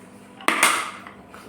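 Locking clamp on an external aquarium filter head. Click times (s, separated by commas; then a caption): 0.5 s. A plastic locking clamp on the head of a Sunsun HBL 803 external canister aquarium filter is closed after the filter head has been seated. A sharp click snaps at 0.5 s, followed by a brighter rattle at about 0.6 s and faint small ticks afterward. The clamp locks shut and the filter head is secured.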